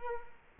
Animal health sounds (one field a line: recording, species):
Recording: mosquito wingbeat signal from an infrared sensor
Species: Culex quinquefasciatus